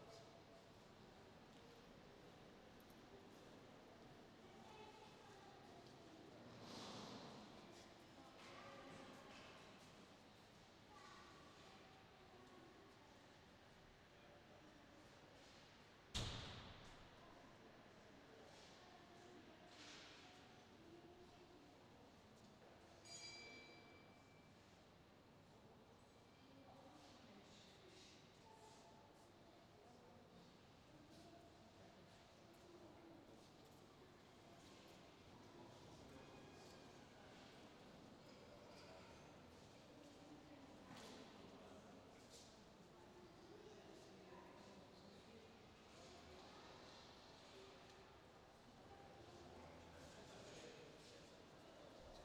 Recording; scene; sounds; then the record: everyday scene through a hearing-aid microphone; reverberant space; background noise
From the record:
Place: railway station hall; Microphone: in the ear canal, left